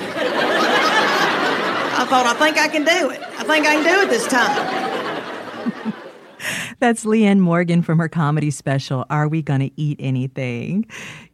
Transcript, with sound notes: and...
(LAUGHTER)
I thought, I think I can do it. I think I can do it this time.
(LAUGHTER)
That's Leanne Morgan from her comedy special "Are We Gonna Eat Anything?"